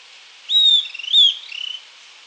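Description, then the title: Southern antpipit song: a clear high whistled note, a second sharper whistle, then a short rapid buzzy trill, all delivered within about a second and a half. "LuckyPassaro Completos2Sama. Southern Antpipit (Corythopis delalandi)"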